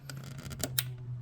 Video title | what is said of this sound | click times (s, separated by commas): Mini Cooper S F56 - NM Power Module +44HP claims tested in real world | There you go, that's a nice audible click. | 0.8 s